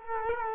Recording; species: mosquito wingbeat signal from an infrared sensor; Culex quinquefasciatus